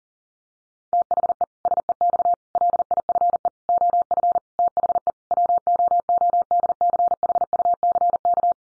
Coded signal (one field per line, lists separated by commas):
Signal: Morse code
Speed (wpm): 37 wpm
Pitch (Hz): 700 Hz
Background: none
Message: THE SEX LIFE OF THE WOODCHUCK